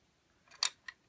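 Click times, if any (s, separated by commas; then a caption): 0.6 s. A metal cam lever on an AMD stock CPU cooler's retention clip is flipped open to release the fan and heatsink from the plastic CPU socket bracket on the motherboard. A sharp click is heard at 0.6 s, followed by a softer tick at 0.9 s. The cooler is released.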